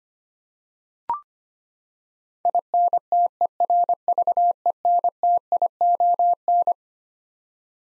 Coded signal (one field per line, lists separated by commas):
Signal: Morse code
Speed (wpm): 25 wpm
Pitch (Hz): 700 Hz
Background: none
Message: INTERVENTION